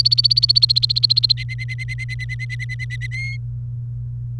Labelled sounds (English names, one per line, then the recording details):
Domestic Canary song
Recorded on 28 April 2018 at 15:01
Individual llb3